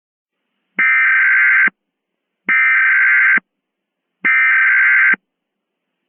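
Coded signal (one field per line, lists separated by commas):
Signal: Emergency Alert System (SAME) tones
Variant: header bursts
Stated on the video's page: Mock fictional EAS scenario for Halloween, made with valid EAS tones.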